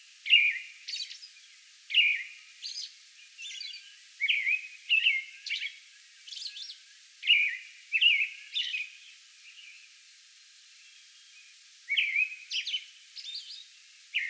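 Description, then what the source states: American robin delivering caroling whistled phrases and high squeaky notes in a bout, pausing for about two seconds before resuming. Song bout recorded May 11.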